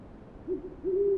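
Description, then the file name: Owl hooting, a short low hoot followed by a longer wavering hoot, over a steady low background hiss. Recorded on 28 February 2009 at 04:05. "090228-0405 owls"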